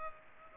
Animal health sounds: mosquito wingbeat signal from an infrared sensor; Culex pipiens

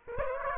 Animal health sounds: mosquito wingbeat signal from an infrared sensor; Aedes aegypti

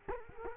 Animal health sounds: mosquito wingbeat signal from an infrared sensor; Culex quinquefasciatus

